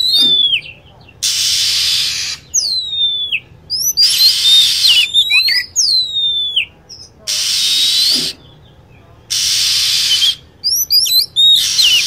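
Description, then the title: Lovebird calls: high down-slurred whistled notes repeated in groups, broken up by loud bands of steady hissing noise. Lure sound used to attract lovebirds. "PIKAT BURUNG LOVEBIRD"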